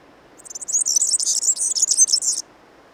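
European serin singing one rapid, sizzling burst of high, glassy notes for roughly two seconds against a quiet background.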